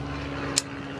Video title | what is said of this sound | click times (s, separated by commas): How to Clean Your UPR Products oil catch can | nice satisfying click as Doug would say | 0.6 s